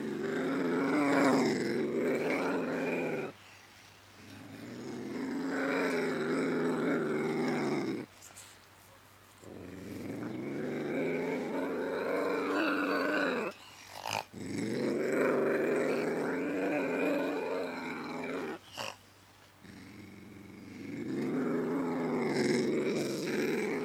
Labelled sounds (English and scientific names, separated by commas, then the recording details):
Ocelot (Leopardus pardalis)
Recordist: Tembrock, Günter
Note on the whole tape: Männchen: Dehnungslaute